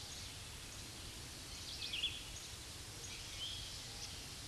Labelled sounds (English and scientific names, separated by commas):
Red-eyed Vireo (Vireo olivaceus) song